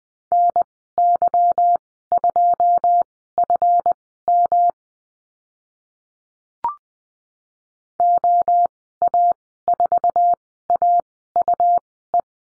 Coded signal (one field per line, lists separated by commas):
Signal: Morse code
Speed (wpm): 20 wpm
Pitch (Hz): 700 Hz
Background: none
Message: NY2FM OA4AUE